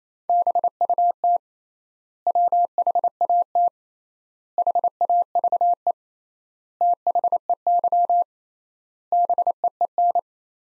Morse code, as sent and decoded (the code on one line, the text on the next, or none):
-... ..- - / .-- .... .- - / .... .- ...- . / - .... . -.-- / -... . . -.
BUT WHAT HAVE THEY BEEN